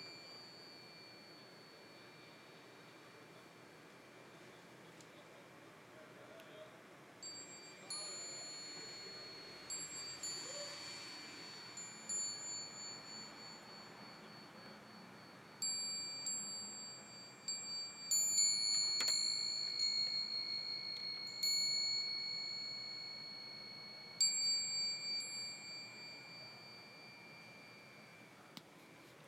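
Metal wind chimes ring in gentle clusters, bright high tones struck every few seconds with a sustained, slowly fading shimmer. The strikes grow busier after about fifteen seconds, with a cluster near nineteen seconds and another around twenty-four, over a soft steady background hush.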